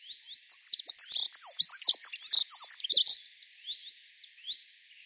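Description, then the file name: Dunnock singing a rapid, jumbled, high-pitched warble for about two and a half seconds, followed by a few soft, thin notes. Recorded on 24 April 2013. "24 04 2013 Heckenbraunelle"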